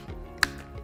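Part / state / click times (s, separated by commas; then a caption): SD memory card into camera card slot / seated / 0.4 s. An SD memory card is pushed into the spring-loaded card slot on the bottom of a Canon M100 camera. Against low background music, a single sharp, loud click sounds at 0.4 s as the card latches and seats in place.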